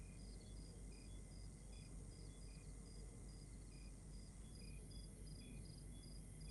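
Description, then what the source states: Crickets give evenly spaced high chirps, a few each second, with a steady thin tone and low rumbling noise throughout. Exterior night ambience recorded in Rwanda.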